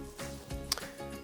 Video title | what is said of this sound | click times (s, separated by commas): MyWay+ Technical How to full instructions for Use English | to activate use your foot to depress the pedal until you hear a click | 0.7 s